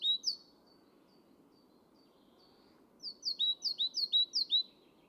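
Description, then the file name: Great tit: two high notes at the start, a pause, then a run of several bright two-note phrases. "Parus major"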